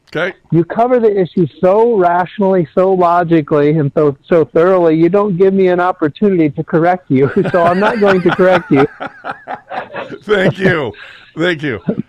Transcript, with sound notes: You cover the issues so rationally, so logically, and so, so thoroughly. You don't give me an opportunity to correct you.
(laughs)
So I'm not going to correct you.
Thank you.